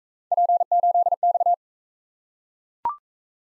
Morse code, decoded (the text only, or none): P8X